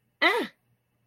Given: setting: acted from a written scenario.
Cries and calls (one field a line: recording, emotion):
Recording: vocal sound without words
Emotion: negative surprise